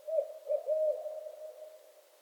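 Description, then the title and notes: Barred owl calling with a few clipped hoots followed by a long, slowly fading drawn-out note. Barred owls calling during mating season in northern Michigan; several owls. "Barred Owl Mating Season in Northern Michigan. Nature is my Jam"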